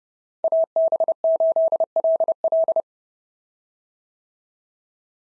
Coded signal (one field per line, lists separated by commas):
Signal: Morse code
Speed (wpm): 30 wpm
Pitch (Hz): 650 Hz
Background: none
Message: AB8LL